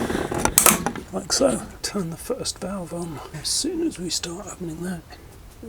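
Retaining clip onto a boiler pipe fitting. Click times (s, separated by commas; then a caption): 0.6 s. While rebuilding a Worcester Cdi boiler, a retaining clip is pushed onto a pipe fitting and snaps on with a single sharp click at 0.6 s, with a few smaller knocks around it. The clip is seated, and someone talks through the rest of the clip.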